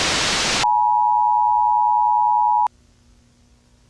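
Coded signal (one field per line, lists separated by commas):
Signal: Emergency Alert System (SAME) tones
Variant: 853 and 960 Hz attention tone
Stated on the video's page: Fictional EAS scenario, simulated alert about an anomaly-containment organization's collapse.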